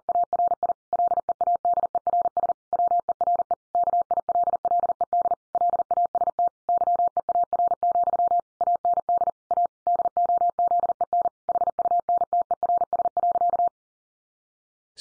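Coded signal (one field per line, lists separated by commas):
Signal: Morse code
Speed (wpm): 40 wpm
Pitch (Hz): 700 Hz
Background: none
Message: ARI LEADERS WERE KILLED LAST YEAR, AND A DOZEN HUNTERS.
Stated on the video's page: Head-copy sentence practice at 40 wpm.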